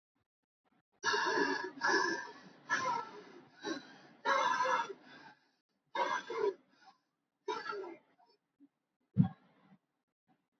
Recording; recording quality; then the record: deep breathing; excellent, no background noise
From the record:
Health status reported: healthy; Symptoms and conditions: cold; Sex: male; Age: 24 years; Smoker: not ticked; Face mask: not worn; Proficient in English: yes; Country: India